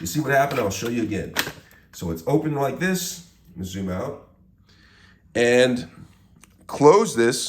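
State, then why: Not seated. A person handles the dust bin of a Dyson V10 Animal cordless stick vacuum, with its hinged plastic bottom lid held open, while someone talks throughout. Quiet handling sounds fall between the bursts of speech. The clip ends before the lid snaps shut or the bin clicks into place, so nothing has seated or clicked yet.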